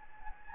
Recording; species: mosquito wingbeat signal from an infrared sensor; Anopheles gambiae